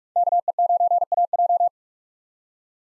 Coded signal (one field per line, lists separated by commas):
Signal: Morse code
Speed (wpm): 43 wpm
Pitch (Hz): 700 Hz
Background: none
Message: KE9AJ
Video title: 2023 SOTA Chaser Call Signs - 45wpm